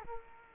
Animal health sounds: mosquito wingbeat signal from an infrared sensor; Culex quinquefasciatus

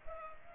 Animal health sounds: mosquito wingbeat signal from an infrared sensor; Culex pipiens

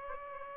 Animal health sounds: mosquito wingbeat signal from an infrared sensor; Aedes aegypti

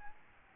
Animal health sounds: mosquito wingbeat signal from an infrared sensor; Aedes albopictus

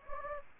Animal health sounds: mosquito wingbeat signal from an infrared sensor; Anopheles gambiae

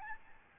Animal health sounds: mosquito wingbeat signal from an infrared sensor; Aedes albopictus

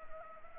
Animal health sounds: mosquito wingbeat signal from an infrared sensor; Anopheles gambiae

